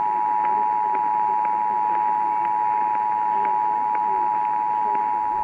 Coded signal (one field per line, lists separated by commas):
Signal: Emergency Alert System (SAME) tones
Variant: 853 and 960 Hz attention tone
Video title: GETTING ON MY LAST DAMN NERVE... EAS Alerts from 10/2/18 - 10/31/18 (EAS #1,879 - 1,899)